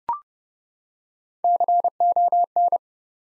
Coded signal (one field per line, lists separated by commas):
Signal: Morse code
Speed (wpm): 30 wpm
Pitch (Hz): 700 Hz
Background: none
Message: CON